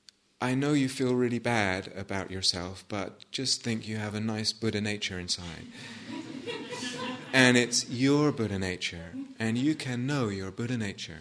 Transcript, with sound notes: "I know you feel really bad about yourself, but just think: you have a nice Buddha-nature inside." [laughter] "And it's your Buddha-nature, and you can know your Buddha-nature."